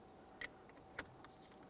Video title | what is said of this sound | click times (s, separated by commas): How to Replace Wiper Switch 2008-2017 Mitsubishi Lancer | press it in, listen for an audible click. | 1.0 s